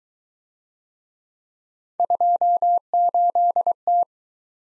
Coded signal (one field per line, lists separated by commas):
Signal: Morse code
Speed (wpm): 23 wpm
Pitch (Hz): 700 Hz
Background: none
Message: 28T